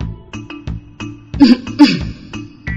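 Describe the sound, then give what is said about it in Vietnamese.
Several people, heads bowed, cough dryly, a scattered series of short, harsh bursts, some overlapping and a few louder than the rest, with no talking in between. “Mọi người cúi đầu ho khan, vừa nãy không biết tại sao lại sản sinh một loại ảo giác.”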